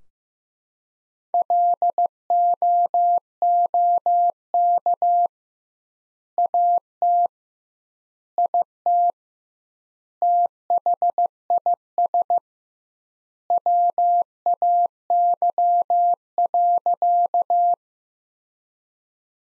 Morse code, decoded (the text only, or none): LOOK AT IT THIS WAY.